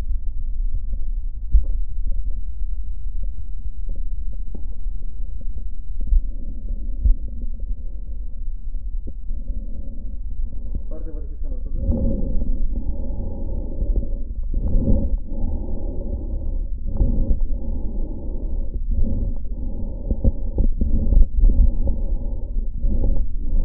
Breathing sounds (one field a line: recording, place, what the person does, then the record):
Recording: lung sounds by stethoscope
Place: left posterior apical chest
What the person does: quiet breathing, then deep breathing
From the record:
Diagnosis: interstitial lung disease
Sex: male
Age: 82 years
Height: 158 cm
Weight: 49 kg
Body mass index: 19.6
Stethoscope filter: diaphragm mode